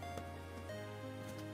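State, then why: Not seated. A second fused plastic bead figure is handled as it is fitted into its slotted bead-art stand, with faint ticks over steady background music. The clip ends on a sharp hit just before the part goes home, so nothing has seated or clicked yet.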